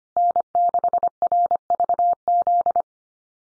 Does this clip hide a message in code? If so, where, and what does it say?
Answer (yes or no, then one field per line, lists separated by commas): yes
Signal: Morse code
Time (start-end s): 0.2-2.8 s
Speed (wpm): 25 wpm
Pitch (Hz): 700 Hz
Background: none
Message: N6RVZ